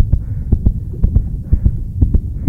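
Rapid heartbeat of an adult bus driver under stress after being verbally abused, insulted and threatened, presented in a WorkSafe Victoria message that aggression and violence against workers cause harm.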